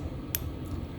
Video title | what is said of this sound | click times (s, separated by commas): VELIT Gasoline Heater Install in Big RV | I heard it click. | 0.3 s